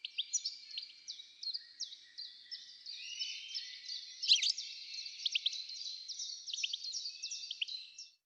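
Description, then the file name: European goldfinch giving a continuous bright twitter of high tinkling notes and quick liquid trills, unbroken for about eight seconds in a quiet background. "Carduelis carduelis"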